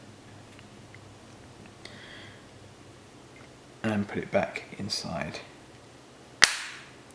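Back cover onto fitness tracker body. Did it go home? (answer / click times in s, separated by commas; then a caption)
yes / 6.4 s. After a coin battery is dropped in, the metal back cover of a Misfit Shine fitness tracker is pressed back into the body while someone talks. A single sharp, loud click at 6.4 s marks the cover seating shut. That click is the sign it is secure and sealed against water.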